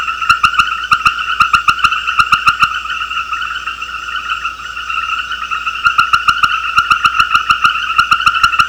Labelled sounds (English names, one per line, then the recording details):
none
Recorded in secondary vegetation near Puerto Asís, Putumayo, Colombia, on 13 March 2025 at 19:00
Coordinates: 0.498, -76.327
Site G001